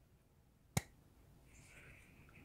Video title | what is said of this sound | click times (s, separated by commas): Jellas Spring Assisted Folding Pocket Knife EDC, 8Cr13Mov | and now we're locked into place | 0.8 s